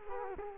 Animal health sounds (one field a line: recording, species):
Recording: mosquito wingbeat signal from an infrared sensor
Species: Culex quinquefasciatus